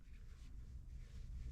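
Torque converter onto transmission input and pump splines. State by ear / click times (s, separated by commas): partly seated / none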